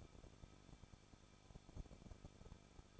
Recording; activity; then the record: daily activity, microphone in the room; no activity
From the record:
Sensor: 5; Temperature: 20.8 degrees Celsius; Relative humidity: 38.6%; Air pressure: 1006.5 hPa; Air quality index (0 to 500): 192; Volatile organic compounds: 20 ppm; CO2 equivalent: 2705 ppm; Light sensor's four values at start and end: 2/3/1/1 and 2/3/1/1